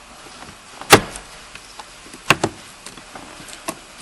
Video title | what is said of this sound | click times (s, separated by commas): How to replace the cabin filter 2006-2012 Hyundai Santa Fe | snapped in those | 2.3 s